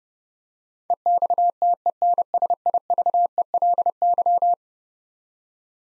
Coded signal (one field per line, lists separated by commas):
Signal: Morse code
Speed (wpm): 29 wpm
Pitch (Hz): 700 Hz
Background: none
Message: EXTENSIVELY